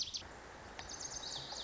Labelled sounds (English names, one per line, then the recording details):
Lazuli Bunting
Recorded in Sonoma County, California